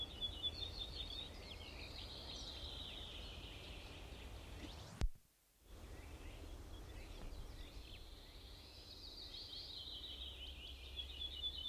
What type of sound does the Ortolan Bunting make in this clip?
song